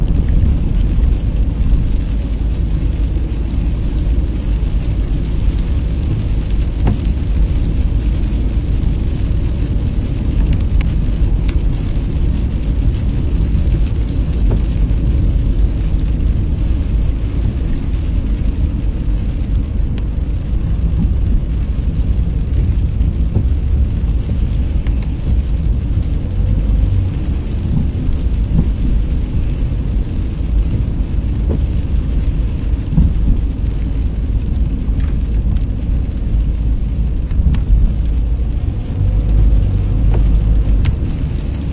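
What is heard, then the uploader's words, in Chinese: A car drives along a country road in the rain, its low engine and tire rumble steady throughout. A dense patter of rain and road spray fills the upper range evenly, with occasional faint ticks and knocks scattered across the recording. 雨中行驶在异国他乡的乡间小路上。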